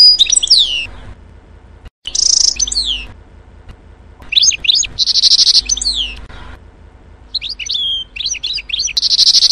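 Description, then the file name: Canary song in short bursts: quick descending chirps and buzzy trills separated by quiet gaps of about a second, ending with a run of sharp repeated notes. "Bird Canary"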